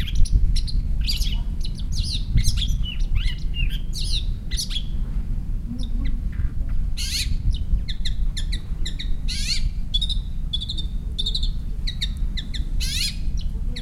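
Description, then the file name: Long-tailed shrike calls: long varied series of chattering notes, whistles and rasps, with a short lull near the middle, over a low rumble. "shrike-long-tailed -Lanius-schach"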